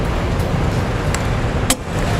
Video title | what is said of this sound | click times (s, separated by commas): 2015 Ford Explorer Trailer Hitch Installation | sure that you keep going until you hear the little click there | 1.2 s, 1.7 s